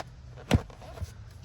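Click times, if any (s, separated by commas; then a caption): 0.5 s, 0.7 s. A Clek car seat's crotch buckle metal retainer, fed through a new slot in the seat shell while the seat stays installed rear-facing, is pushed down until it locks. A sharp click sounds at 0.5 s, a softer second click follows at 0.7 s, and a faint low thump comes near 1.0 s. The buckle is seated in its new slot.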